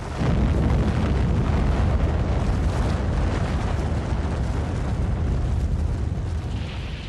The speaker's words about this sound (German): Um 8.15 Uhr wurde die Bombe ausgeklinkt und explodierte eine Dreiviertelminute später, um 8.16 Uhr und 2 Sekunden, 580 Meter über Hiroshima.